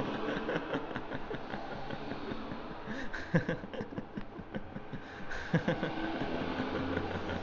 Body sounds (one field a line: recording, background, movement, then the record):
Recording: laughter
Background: traffic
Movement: sitting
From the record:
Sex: male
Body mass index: 22.0 kg/m2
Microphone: on the chest, facing outward